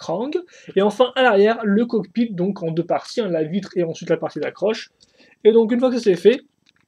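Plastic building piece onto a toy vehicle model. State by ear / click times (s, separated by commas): not seated / none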